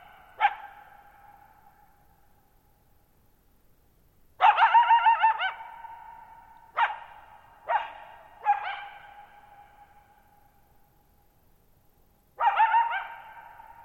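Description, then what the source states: Coyote barking in short, hoarse bursts, one then a run of four and another, each trailing a ringing echo, with silence between. Lone coyote, night of July 14, 2019, Thirtymile Meadows, Okanogan National Forest, Pacific Northwest, 6400 ft; shallow-bowl meadow on dry high plateau, boggy ground, very low noise.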